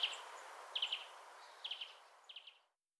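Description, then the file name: Marsh tit giving quick bursts of three or four bright, high chipping notes, repeated several times and fading toward the end. "Poecile palustris"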